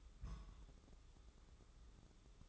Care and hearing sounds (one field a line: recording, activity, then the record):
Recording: daily activity, microphone in the room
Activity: place on stove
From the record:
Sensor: 3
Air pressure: 995.4 hPa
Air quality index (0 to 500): 86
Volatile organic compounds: 8 ppm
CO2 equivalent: 2079 ppm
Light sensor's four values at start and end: 26/80/33/29 and 26/80/33/29